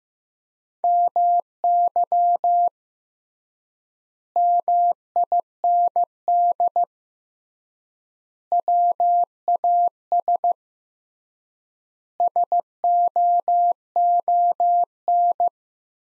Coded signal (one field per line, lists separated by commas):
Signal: Morse code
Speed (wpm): 15 wpm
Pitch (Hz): 700 Hz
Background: none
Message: MY MIND WAS SOON